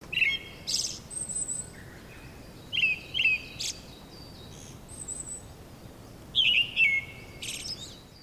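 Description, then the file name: Brown-headed thrush song: short clear whistled phrases, some slurred downward, with high thin notes, delivered in bursts with brief pauses. "akahara"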